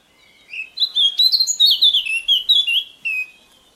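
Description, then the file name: Eurasian blackcap song: a rich, fast warbling phrase of varied whistled and chattering notes lasting nearly three seconds, rising and falling in pitch. "Sylvia atricapilla"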